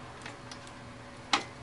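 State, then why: Seated. The right-side clip of a boxed AMD CPU cooler is pushed onto the plastic retention bracket on the motherboard. A few faint ticks come first, then one sharp, loud click at 1.3 s. The clip is seated on the bracket.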